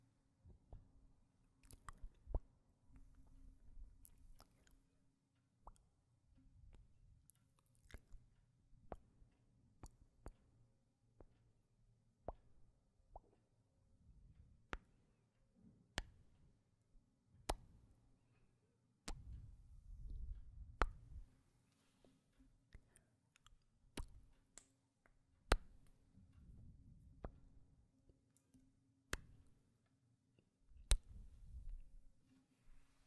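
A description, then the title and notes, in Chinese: Kissing and lip sounds, made with lipstick: sharp, irregular smacks and pops every second or two over soft, low rustling and mouth movement. 亲亲与口唇声。各种口红触发音。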